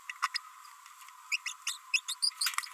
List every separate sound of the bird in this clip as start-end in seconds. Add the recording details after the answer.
0.23-0.27, 0.34-0.37, 1.32-1.36, 1.46-1.52, 1.67-1.73, 1.94-1.99, 2.09-2.13, 2.23-2.29, 2.41-2.54. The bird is a female. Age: 30 days. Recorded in a nest box in Venezuela. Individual 17B42B1